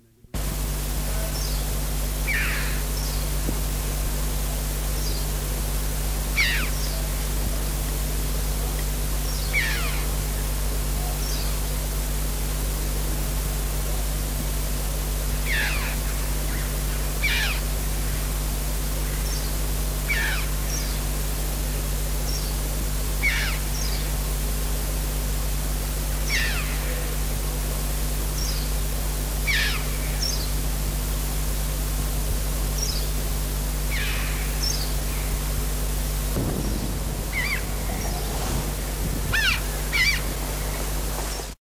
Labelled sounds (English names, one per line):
Red-billed Chough call